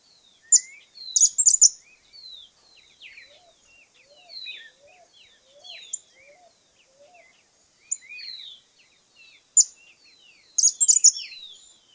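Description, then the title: Cattle tyrant call: two bursts of shrill, rapid, high twittering at the start and near the end, with thin down-slurred whistles and a short series of soft, low notes between. Subspecies Machetornis rixosa rixosa. "LuckyPassaro Completos2Sama. Cattle Tyrant (Machetornis rixosa rixosa)"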